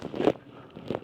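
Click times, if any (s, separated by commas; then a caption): none. A diecast metal and plastic panel tab is pressed down into the body of a 1:8 scale Agora Models Aston Martin DB5 007 No Time To Die model car. Brief handling knocks and rustles peak around 0.3 s and again near 0.9–1.1 s over a low background. Nothing has seated or clicked yet.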